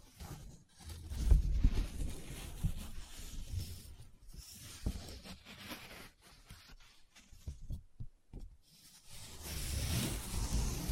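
Close-up paper being handled, with soft rubbing and scratching strokes and small crinkles coming in uneven bursts. Low thumps and brushing fill the first half, broken by short silences near 8 seconds, then a brighter, steadier rustle swells from about 9.5 seconds to the end.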